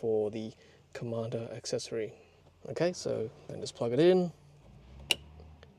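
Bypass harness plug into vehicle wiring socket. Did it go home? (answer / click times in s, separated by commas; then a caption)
yes / 5.1 s. Someone talks, then the Commander bypass harness plug is pushed into its socket in the vehicle wiring behind an interior panel of a Tesla Model Y during an S3XY Buttons and Knob install. A sharp, satisfying click rings out at 5.1 s, followed by a couple of faint ticks. The connector is seated.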